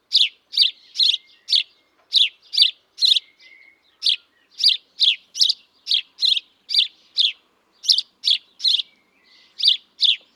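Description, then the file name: House sparrow chirping, a long series of short, bright chirps, about two per second, with a few short gaps. "Passer domesticus"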